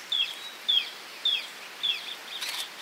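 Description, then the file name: Red-eyed thornbird calling with four crisp, high notes spaced about half a second apart, followed by a brief fainter noise. "Canto do joao botina da mata"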